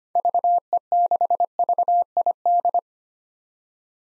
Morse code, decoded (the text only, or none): VE6VID